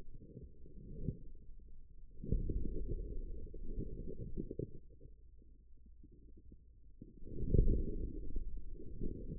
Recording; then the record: forearm muscle sounds (acoustic myography)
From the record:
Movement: outward rotation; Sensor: system 2, bracelet of six BSWA MPA416 microphones around the upper forearm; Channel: 6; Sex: male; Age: 22 years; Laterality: right